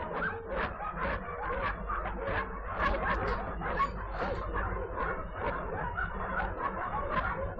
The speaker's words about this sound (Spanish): Nunca supo cuánto tiempo duró aquel alboroto en el que se confundían los desesperados ladridos del perro con los chillidos de los cerdos y un gran caos de patos y gallinas.